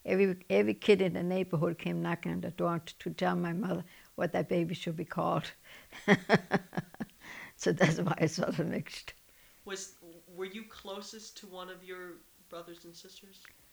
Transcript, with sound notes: Every kid in the neighborhood came knocking on the door to tell my mother what that baby should be called. ( she laughs ) So that's why it's all mixed.
Were you closest to one of your brothers and sisters?